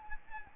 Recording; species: mosquito wingbeat signal from an infrared sensor; Anopheles arabiensis